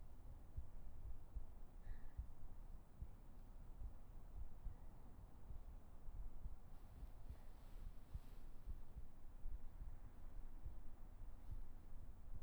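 Soft, muffled low thumps repeat steadily under a low hum, the sound of a normal adult heartbeat.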